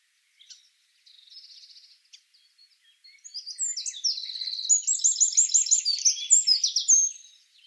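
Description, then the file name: Eurasian wren song: a few faint high notes, then a vigorous run of fast, piercing trills. "Troglodytes troglodytes"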